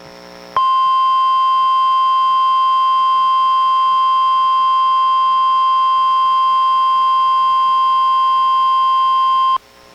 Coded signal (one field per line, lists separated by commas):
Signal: Emergency Alert System (SAME) tones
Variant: 1050 Hz attention tone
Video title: EAS #881: NWR Required Weekly Test- Oct. 18, 2023- 11:04AM PDT